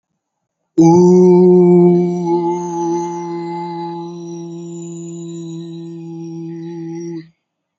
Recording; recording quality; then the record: sustained vowel as in boot; excellent, no background noise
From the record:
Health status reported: healthy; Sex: male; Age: 19 years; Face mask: not worn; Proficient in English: yes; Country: India